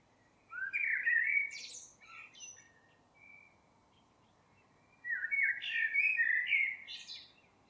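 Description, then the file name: Eurasian blackbird delivering two mellow fluted phrases, each closing with thin, high squeaky twitters, with softer notes in between. "Turdus merula"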